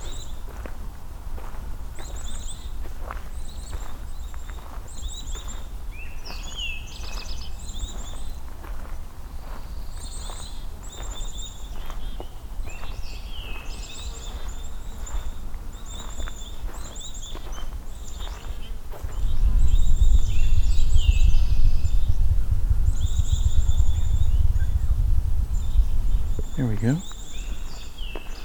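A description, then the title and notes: After heavy rain, many birds sing at once, their chirps and whistles overlapping steadily from start to finish at mid to high pitch and varying distances. Scattered clicks and drips sound early on, and from about 19 to 26 seconds a loud low rumble rises beneath the chorus. Rain Chorus at Valens Lake. After a heavy rain, many bird species will sing to re-establish territory as if it's a new day. Recorded, engineered, narrated and created by Rob Porter.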